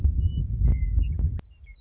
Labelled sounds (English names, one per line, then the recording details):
Western Meadowlark
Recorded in Sonoma County, California